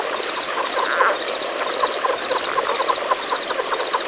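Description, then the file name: Relict leopard frog calls as a dense chorus of brief clucks, with a faint high pulsed trill repeating steadily behind them. "Rana onca"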